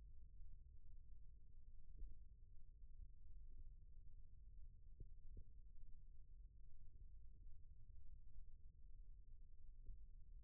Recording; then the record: forearm muscle sounds (acoustic myography)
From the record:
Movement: rest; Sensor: system 1, eight BSWA MPA416 microphones around the upper forearm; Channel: 6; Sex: male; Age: 28 years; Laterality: right